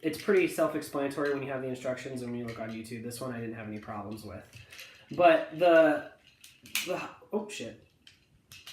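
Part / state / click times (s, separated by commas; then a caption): figure arm out of shoulder ball joint / released / 8.5 s. While someone talks, a plastic Power of the Primes Rodimus Prime action figure is being transformed by hand, and its arm accidentally pops off the shoulder ball joint with a small click at 8.5 s, leaving the arm released from the figure.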